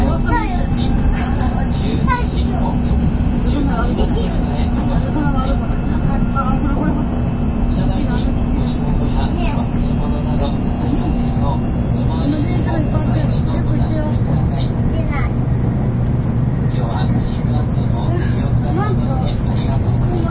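Steady low rumble and hum of a bullet train in motion, heard from inside, with a constant tone and faint murmured voices throughout.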